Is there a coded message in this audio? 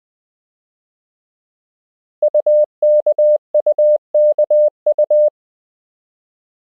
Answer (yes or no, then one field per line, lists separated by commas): yes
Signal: Morse code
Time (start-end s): 2.2-5.3 s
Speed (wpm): 20 wpm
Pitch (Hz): 600 Hz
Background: none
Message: UKUKU